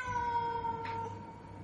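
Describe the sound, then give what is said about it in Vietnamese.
A wild cat yowls from outside a door in one long, drawn-out, mournful wail, its high, steady pitch wavering slightly as it holds the note, with no voices over it. “Canh ba tới, mèo hoang gọi, tân nương tử lên kiệu hoa.”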